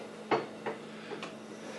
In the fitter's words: and this just slides into place it locks into place